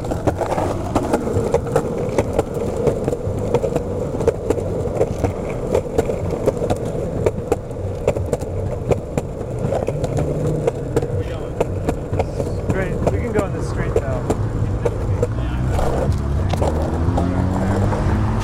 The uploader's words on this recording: We skate along the city's streets, sidewalks, and a bike path that runs alongside train tracks and crosses a river. Skating Under a Bridge.